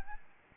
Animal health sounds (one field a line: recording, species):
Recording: mosquito wingbeat signal from an infrared sensor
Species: Aedes albopictus